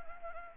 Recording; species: mosquito wingbeat signal from an infrared sensor; Anopheles gambiae